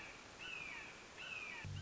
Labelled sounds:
Red-shouldered Hawk (Buteo lineatus)
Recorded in Sonoma County, California

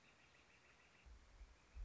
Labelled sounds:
Northern Flicker (Colaptes auratus)
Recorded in Sonoma County, California

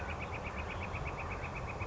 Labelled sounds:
Northern Flicker (Colaptes auratus)
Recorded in Sonoma County, California

